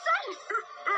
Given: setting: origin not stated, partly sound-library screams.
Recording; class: one-second piece from a danger detection set; woman in danger